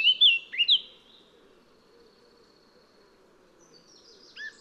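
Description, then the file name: Eurasian blackcap song: one short phrase of bright, twisting whistled notes in the first second, then near silence with a few faint notes at the close. "Sylvia atricapilla"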